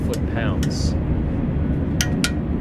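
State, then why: Torque reached. A click-type torque wrench tightens the engine oil drain plug in the oil pan of a 1999 Mazda Miata to the 22–30 ft-lb setting while someone talks over a steady low rumble. Two sharp metallic clicks come at 2.0 s and 2.2 s, showing the plug has reached its torque setting.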